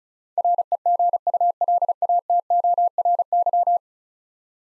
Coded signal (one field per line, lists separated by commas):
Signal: Morse code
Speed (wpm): 36 wpm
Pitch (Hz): 700 Hz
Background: none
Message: REGULATORY